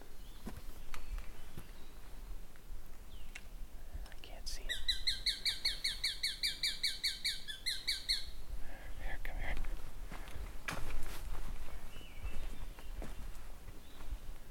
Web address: sound Sharp-shinned-hawk. صدای-پرنده-باز-ساقتیز